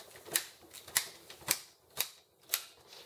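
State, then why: Seated. Refillable continuous ink system cartridges are flipped over and pushed one by one into the printer carriage of an Epson XP-600/XP-605 printer. A series of sharp, short clicks sounds at 0.4, 1.0, 1.5, 2.0 and 2.5 seconds as each cartridge clicks into place, leaving them all seated.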